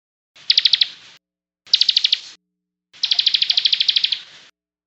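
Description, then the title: Songbird delivering three bursts of fast, sharp trilled notes, the last burst longest, with short silent gaps between them. "SuaraBurung Kicau"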